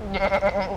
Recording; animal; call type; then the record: contact call of a hoofed animal; goat; low-frequency (closed-mouth) or high-frequency (open-mouth) call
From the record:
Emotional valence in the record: negative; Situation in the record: short social isolation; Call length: 0.77 s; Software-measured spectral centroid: 1630 Hz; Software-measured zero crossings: 1560 a second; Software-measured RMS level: -24 dBFS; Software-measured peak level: -12 dBFS